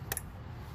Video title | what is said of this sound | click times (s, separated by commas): Chevy TrailBlazer 3 Cylinder Turbo 1.2L Spark Plug and Coil Replacement DIY 2021 and others Similar | You can hear it click. It goes click click. It'll push the lock back in. | 0.1 s, 0.2 s